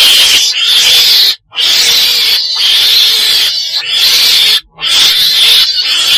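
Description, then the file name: Weasel making a sustained, grating screech that runs nearly unbroken, interrupted only twice by brief silences. Black weasel (chồn đen) calling. "tieng chon den keu"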